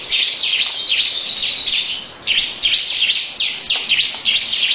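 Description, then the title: Lovebird chattering song: shrill chirps repeated rapidly in a long unbroken run. Long 'ngekek' song. "Audio Lovebird Ngekek Panjang Ciblek"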